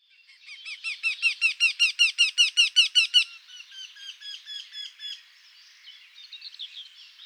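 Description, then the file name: Eurasian wryneck calling a rapid run of loud, nasal, evenly spaced notes for about three seconds, followed by a fainter repeated series. Recorded at Marcilly on 7 June 2013 at 06:00. "Torcol. Marcilly"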